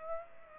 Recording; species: mosquito wingbeat signal from an infrared sensor; Aedes aegypti